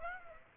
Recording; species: mosquito wingbeat signal from an infrared sensor; Aedes aegypti